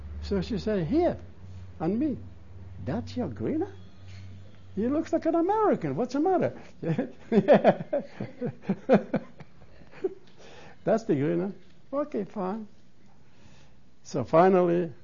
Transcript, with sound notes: So she say, "Here." "That's your greenhorn? He looks like an American. What's the matter?" ( he laughs ) That's the greenhorn. Okay, fine. So finally